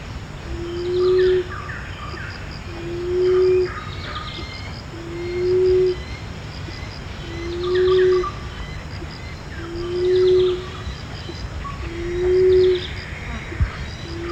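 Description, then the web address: Emerald dove giving low, steady hooting coos, about six, evenly repeated roughly every two seconds, with faint higher bird chirps and background hum. Recorded at Danum on 1 October 2008. "DANUM 20081001. emerald dove"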